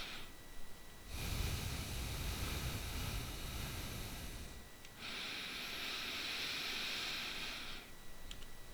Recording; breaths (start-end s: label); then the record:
nose breathing near a microphone
0.00-0.80 s: inhalation
0.80-4.74 s: exhalation
4.74-8.37 s: inhalation
From the record:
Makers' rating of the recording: bad